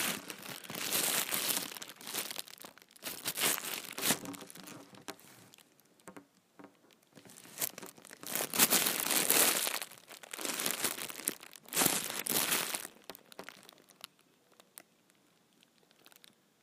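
A big trash bag is crumpled and crinkled in uneven bursts of bright, dense rustling, loudest around 1–4 seconds, 8–10 seconds and 12–13 seconds. Quieter gaps with small scattered crackles fall between the handling, and the sound thins out toward the end.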